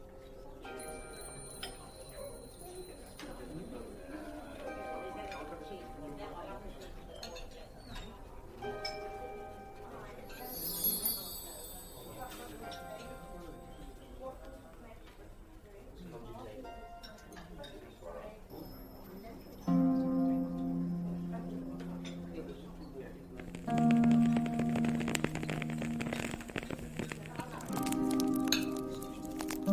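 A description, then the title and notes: Fantasy fairy cafe ambience with soft murmured chatter, light clinks and ticks, and louder bright chimes and tones swelling after twenty seconds. Fantasy fairy cafe asmr ambience.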